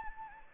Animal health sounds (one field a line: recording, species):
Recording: mosquito wingbeat signal from an infrared sensor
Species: Anopheles gambiae